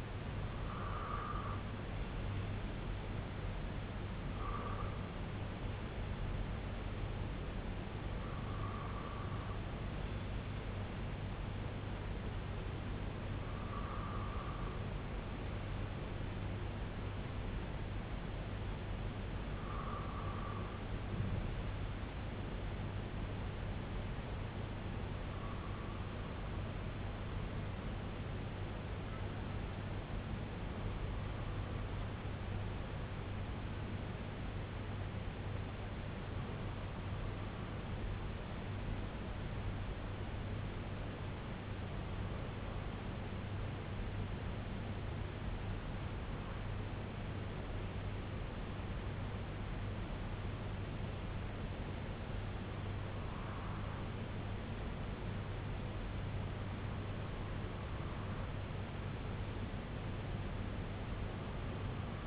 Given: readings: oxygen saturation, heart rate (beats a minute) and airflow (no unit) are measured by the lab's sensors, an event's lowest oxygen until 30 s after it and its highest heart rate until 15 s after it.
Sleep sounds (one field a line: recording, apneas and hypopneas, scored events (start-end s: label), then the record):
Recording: breathing in sleep by a voice recorder at the bedside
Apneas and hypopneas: 1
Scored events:
27.00-50.20 s: hypopnea (REM, oxygen 97% highest, then 94% lowest, heart rate 61 at the start, 64 highest)
From the record:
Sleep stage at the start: REM sleep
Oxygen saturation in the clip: 94 to 97%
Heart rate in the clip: 59 to 76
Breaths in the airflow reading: 13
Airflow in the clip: -6.9 to 4.5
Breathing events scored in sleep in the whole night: 258 in 7.4 hours asleep